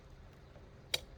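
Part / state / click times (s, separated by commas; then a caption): motorcycle saddlebag onto its side-mount bracket / seated / 0.9 s. A SW-Motech Blaze soft saddlebag is pushed onto its side-mount bracket on a Honda NC 750 X motorcycle until its mounting latch snaps shut. Over a quiet, low background, a single sharp, bright click rings out at 0.9 seconds. The saddlebag is seated and locked onto the bracket.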